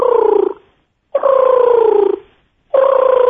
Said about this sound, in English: So if you're walking around at night, you hear that, that's a screech owl. Very small owl, you know, about 6 or 7 inches long in the max. Blends in perfectly with the barks of trees. Very secretive bird. Totally silent flight.